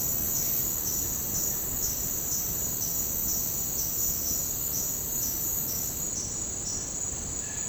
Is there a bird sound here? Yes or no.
no